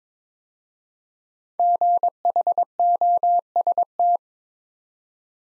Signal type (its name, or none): Morse code